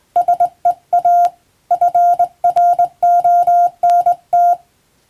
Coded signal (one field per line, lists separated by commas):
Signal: Morse code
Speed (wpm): 20 wpm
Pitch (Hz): 700 Hz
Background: none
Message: SEA FRONT